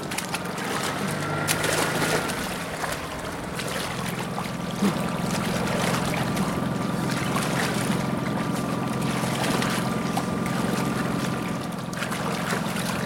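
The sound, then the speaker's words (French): A motorboat engine drones in a steady low hum while its propeller churns and splashes water, the sound holding constant and fairly loud throughout with no voices. “Ne vous laissez pas happer par l'hélice.”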